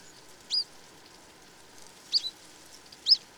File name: Wheeoo Calls Of A Presumed First Winter